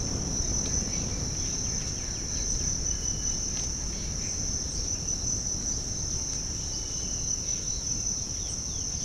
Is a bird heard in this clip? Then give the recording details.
yes. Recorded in pastures near Puerto Asís, Putumayo, Colombia, on 21 March 2025 at 06:30. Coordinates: 0.497, -76.327. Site G072